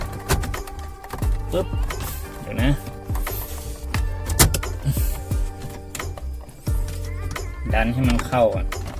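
A plastic centre console trim panel on a Honda City Type Z is handled and pushed toward its place in the car dashboard, with several sharp knocks and taps, the loudest near 3.9 s and 4.6 s, over background music while someone talks. Nothing has seated or clicked into its lock yet.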